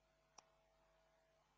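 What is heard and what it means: A crimped wire connector is pushed all the way down into a plastic connector housing, and a single small, sharp latch click sounds at 0.4 s. The click stands out against a quiet, steady background with a faint low hum, and the connector is confirmed seated.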